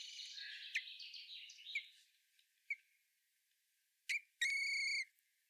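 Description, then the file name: Common blackbird calls: a jumble of high chirps at first, then sharp clicks and a sustained clear whistled note near the end. "Turdus merula"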